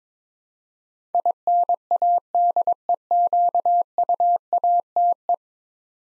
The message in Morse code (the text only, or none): INADEQUATE